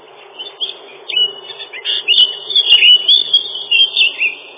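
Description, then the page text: Lesser whitethroat song: a scratchy warble of short chirps and slurred notes, quiet at first, then louder from about a second in and through to the end; sound muffled. "Славка-завирушка, или славка-мельничек — Sylvia curruca"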